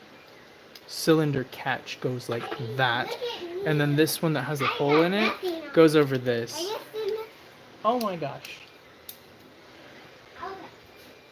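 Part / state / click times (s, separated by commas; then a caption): spring catch piece onto revolver cylinder assembly / not seated / none. A holed catch piece is fitted over the cylinder spring on a revolver-style cylinder assembly while someone talks. There is light handling noise with a couple of brief sharp ticks. Nothing has seated or clicked yet, and the catch is not yet locked into place.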